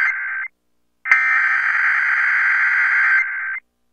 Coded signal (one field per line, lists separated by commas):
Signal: Emergency Alert System (SAME) tones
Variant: header bursts